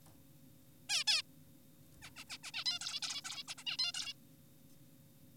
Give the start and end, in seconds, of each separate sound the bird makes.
0.90-1.04, 1.08-1.22, 2.02-2.10, 2.16-2.24, 2.29-2.38, 2.44-2.52, 2.54-2.64, 2.66-2.79, 2.81-3.00, 3.02-3.22, 3.25-3.44, 3.48-3.54, 3.58-3.64, 3.67-3.77, 3.79-3.92, 3.94-4.13